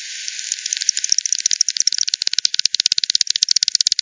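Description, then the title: Bats heard as faint hissing clicks that speed up into a loud, rapid and regular ticking sequence over the latter half. Multiple bats at Hogsmill River, Hogsmill Lane, 7 October 2020 at 18:10 Z; recorded with frequency division (FD 10), bandpass filtered and resampled. "bat 20201007 T 18 : 10 Z-Hogsmill-Lane-Hogsmill-River-multiple-bats-FD 10"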